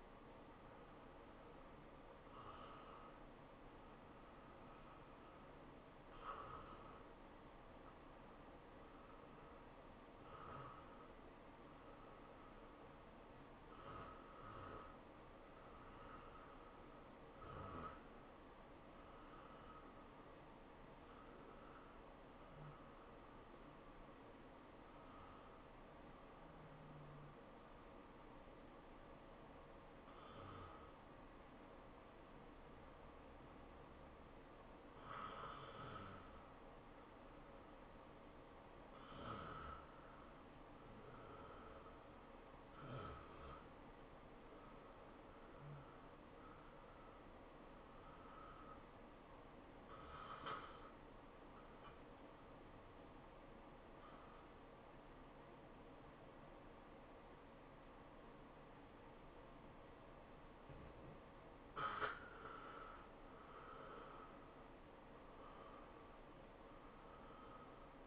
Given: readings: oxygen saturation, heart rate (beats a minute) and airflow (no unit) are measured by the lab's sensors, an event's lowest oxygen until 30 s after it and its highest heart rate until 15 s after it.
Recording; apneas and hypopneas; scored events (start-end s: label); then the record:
breathing in sleep by a voice recorder at the bedside; 3
3.00-16.50 s: hypopnea (N1, oxygen 94% highest, then 91% lowest, heart rate 106 at the start, 107 highest)
30.00-43.00 s: hypopnea (N1, oxygen 94% highest, then 85% lowest, heart rate 103 at the start, 103 highest)
49.00-61.70 s: hypopnea (N1, oxygen 95% highest, then 85% lowest, heart rate 103 at the start, 103 highest)
From the record:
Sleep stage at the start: N1 (lightest sleep); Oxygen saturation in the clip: 89 to 95%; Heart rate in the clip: 92 to 107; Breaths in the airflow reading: 15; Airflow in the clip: -10.0 to 8.2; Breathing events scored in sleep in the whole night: 403 in 5.5 hours asleep